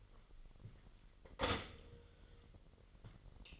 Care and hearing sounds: daily activity, microphone in the room; stop toaster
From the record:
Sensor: 4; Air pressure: 1002.9 hPa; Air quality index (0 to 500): 242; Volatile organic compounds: 18 ppm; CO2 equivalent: 2622 ppm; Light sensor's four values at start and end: 22/76/28/28 and 21/71/26/26

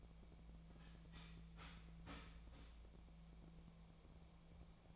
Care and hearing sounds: daily activity, microphone in the room; start toaster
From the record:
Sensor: 1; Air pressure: 1000.3 hPa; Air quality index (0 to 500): 156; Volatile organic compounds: 3 ppm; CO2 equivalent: 1462 ppm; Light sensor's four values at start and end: 29/72/30/36 and 29/73/31/36

